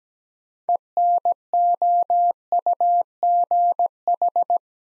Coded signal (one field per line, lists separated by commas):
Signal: Morse code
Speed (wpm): 17 wpm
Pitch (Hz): 700 Hz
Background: none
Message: ENOUGH